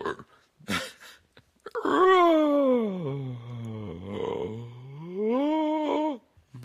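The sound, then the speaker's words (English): A strained, groaning voice sings while drawing breath inward, one sustained wavering note lasting about four seconds that sags lower in the middle and climbs back up, after a few short breathy noises. “Try to sing by breathing in.”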